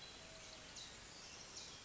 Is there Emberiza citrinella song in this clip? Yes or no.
no